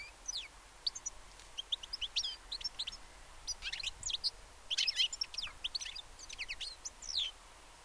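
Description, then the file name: European goldfinch twittering: a dense, continuous stream of tinkling high chirps, busiest from the middle onward, over a hissy background. "Carduelis carduelis"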